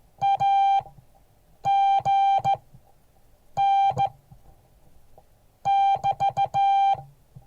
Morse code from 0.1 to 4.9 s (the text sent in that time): AGN